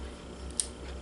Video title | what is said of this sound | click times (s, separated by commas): Camara Fotográfica Pentax Sf1 De 35mm (01) | a click is heard that click means that it fits | 0.6 s